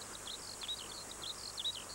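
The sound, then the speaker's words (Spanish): A skylark sings a faint, continuous stream of rapid, high-pitched warbles and trills, with a few brighter chirps standing out over a low, steady background hum. “La alondra.”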